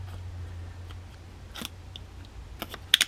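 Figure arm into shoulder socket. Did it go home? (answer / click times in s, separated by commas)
partly / 2.9 s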